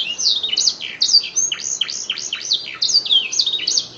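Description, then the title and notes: Canary song with bright, fast chirping phrases and clear descending whistles, steady and energetic from start to finish. Canary master song (masteran kicau kenari), used as a lure to train and stimulate cage birds. "PANCINGAN SUARA MASTERAN KENARI. masteran kicau kenari"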